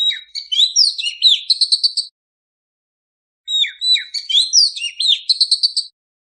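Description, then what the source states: Oriental magpie-robin singing two similar busy phrases of sliding whistles and rapid chirps, each about two seconds long, separated by a short silence. Kacer singing actively ('gacor'); recording used as a master to train non-singing (mute) kacer to sing.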